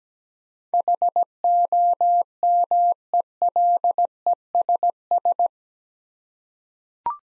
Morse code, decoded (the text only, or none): HOMELESS